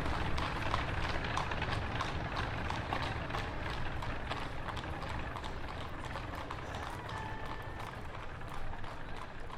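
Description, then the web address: Horse hooves clopping in a quick, uneven clatter over a steady low rumble of rolling carriage wheels. Several horse-drawn carriages starting off. "Hollywood Edge Historical Series. Horse Drawn Carriages"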